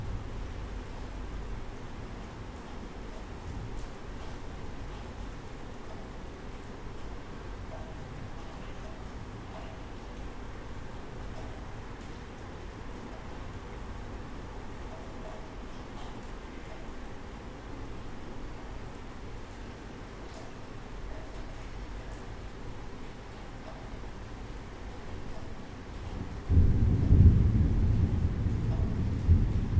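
Rain falls steadily throughout, a dense, even patter over a low rumble, with scattered faint ticks of drops. Near the end, around twenty-six seconds, a sudden heavy low roar swells up and stays loud to the close.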